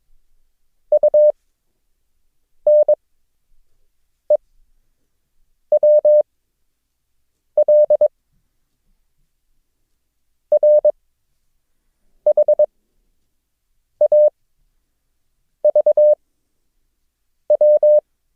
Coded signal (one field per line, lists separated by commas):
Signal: Morse code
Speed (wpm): 22 wpm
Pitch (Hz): 600 Hz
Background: none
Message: UNEWL RHAVW